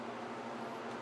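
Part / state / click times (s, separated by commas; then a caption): blade injector magazine into injector razor head / not seated / none. A blade injector magazine is handled against an injector razor head to load a blade. A steady broadband hiss with no distinct hits runs through the clip, and nothing has seated or clicked yet.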